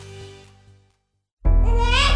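After a faint tail of other sound and a brief silence, a loud infant wail starts abruptly and is held with a rising, tonal pitch. It is an ordinary baby's cry.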